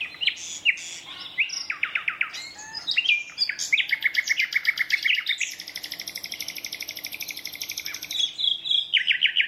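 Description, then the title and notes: Common nightingale singing fast rhythmic trills and buzzy repeated notes, one long pulsing phrase held for several seconds before a new phrase begins; low steady hum underneath. Two competing males singing a duet at dusk in a dense thorn thicket, north Dorset countryside woodland. "Sound Escape: An astonishing nightingale duet in a Dorset woodland. north Dorset countryside. a single nightingale starts to sing. another male. a competitive duet. BBC Countryfile Magazine's Sound Escapes"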